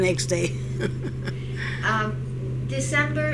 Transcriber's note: she laughs